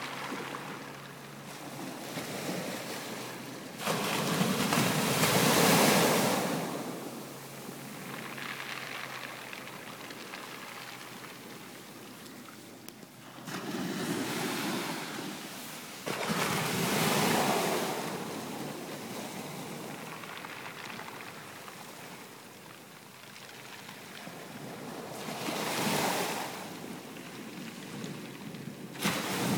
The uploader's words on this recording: The sound of the tide retreating by Bougie.